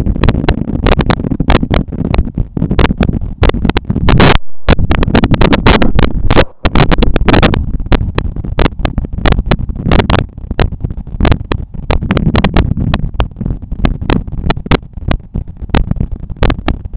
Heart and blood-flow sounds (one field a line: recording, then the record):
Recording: heart sounds by stethoscope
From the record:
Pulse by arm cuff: 95 bpm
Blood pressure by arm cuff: 122/77 mmHg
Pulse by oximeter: 95 bpm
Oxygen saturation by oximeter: 98%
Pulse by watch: 96 bpm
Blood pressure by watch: 114/76 mmHg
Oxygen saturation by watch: 97%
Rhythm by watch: sinus rhythm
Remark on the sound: wave loud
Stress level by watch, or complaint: medium stress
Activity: after lunch and office activities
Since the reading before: plus 1200 steps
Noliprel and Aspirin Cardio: after pills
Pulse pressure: 45 mmHg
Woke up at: 6:50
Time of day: 15:25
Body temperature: 36.7 C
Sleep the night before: 8 h 16 min, score 66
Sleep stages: REM 20%, light 64%, deep 6%, awake 10%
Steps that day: 6850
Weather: rain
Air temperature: 19.1 C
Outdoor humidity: 84%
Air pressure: 1007 hPa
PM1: 0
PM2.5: 0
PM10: 0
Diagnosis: hypertension, treated with Noliprel and Aspirin Cardio 100 mg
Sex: male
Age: 53 years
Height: 174 cm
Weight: 81 kg